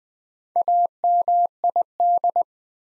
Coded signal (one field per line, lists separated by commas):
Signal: Morse code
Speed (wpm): 20 wpm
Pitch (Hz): 700 Hz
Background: none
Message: AMID